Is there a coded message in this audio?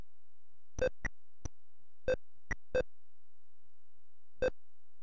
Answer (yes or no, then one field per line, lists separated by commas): no